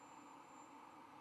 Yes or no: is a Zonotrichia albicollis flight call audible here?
no